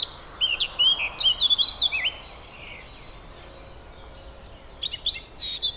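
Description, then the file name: Eurasian blackcap song: a quick burst of warbling, twittering notes for about two seconds, then a pause before a fresh warble starts near the end. "Sylvia atricapilla"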